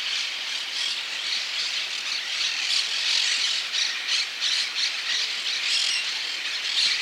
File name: cotorra Voz